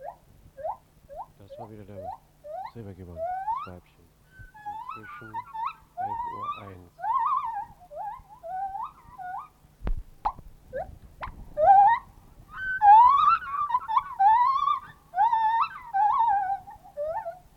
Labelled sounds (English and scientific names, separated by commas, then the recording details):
Silvery Javan Gibbon (Hylobates moloch)
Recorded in captivity
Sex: diverse
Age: adult
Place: Tierpark Berlin, Berlin, DE
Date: 1980-10-11
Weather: sonnig, windstill, 5 - 8°C
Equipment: Nagra SN, Kopie Uher 4200
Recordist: Tembrock, Günter